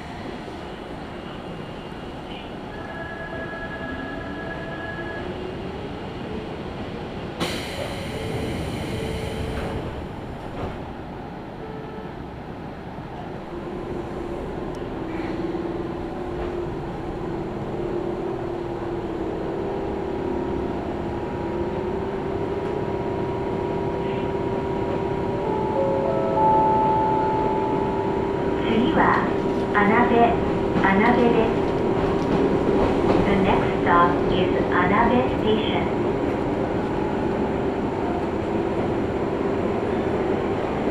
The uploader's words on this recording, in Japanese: 伊豆箱根鉄道 大雄山線 小田原→大雄山。列車は３両編成で12分間隔と単線区間の中では最も頻繁に走る路線の一つです。